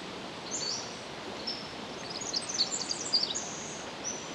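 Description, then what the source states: Pacific wren song: high, fast twittering notes bunched in the second half, preceded by a few thin high whistles, against steady hiss. Recorded 10 July 2011 at 06:35.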